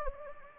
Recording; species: mosquito wingbeat signal from an infrared sensor; Anopheles gambiae